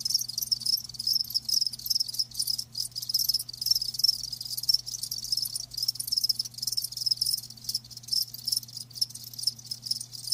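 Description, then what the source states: Crickets chirping in a dense, continuous high-pitched chorus, rapid pulses overlapping without pause, with a faint low hum underneath. Live crickets chirping with a lulling song.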